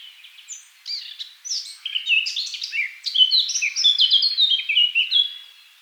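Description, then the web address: Eurasian blackcap warbling song that starts quietly with scattered chattering notes and builds into a louder, fluting run of whistles toward the end. "SETE Sylvia atricapilla"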